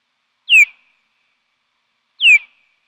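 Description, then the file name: Bat calls: two short, steeply falling sweeps with faint higher overtones, about 1.7 seconds apart, in otherwise silent surroundings. Recorded at night. "bats nuitblanche"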